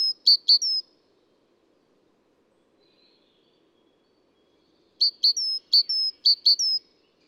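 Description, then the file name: Great tit song, a brief phrase of two short notes and a longer whistle, then a pause of about four seconds before three more rapid repetitions. Adult male, singing, single individual. "gtit-major-1-AD-M-S. felgentreu"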